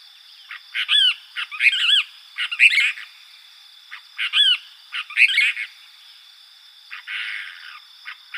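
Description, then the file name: Cassin's kingbird uttering scratchy, slurred call notes in short excited bursts, then a brief rasping noise near the end, with steady insect buzzing throughout. Recorded in Arizona on 13 July 2006. "deviche"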